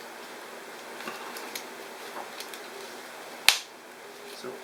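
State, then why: Released. A keyboard retaining piece pops out of the top case of a 2011 MacBook Air while the liquid-damaged keyboard is being removed, after small pieces were taped. Faint ticks and scrapes sit over a low steady hiss, then a sharp, bright pop at 3.5 s releases the piece, followed by a brief fading tail.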